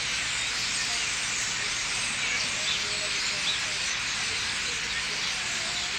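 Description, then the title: Common starlings in a dense roosting chorus, countless overlapping chattering and squeaky calls merging into a continuous hissing wall of sound. Thousands of birds gathering in trees at night at a roost in Limoges, France; recorded with a Sony PCM-M10's internal microphones. "4 Rue des Prisons, Limoges, France - Starlings - étourneaux"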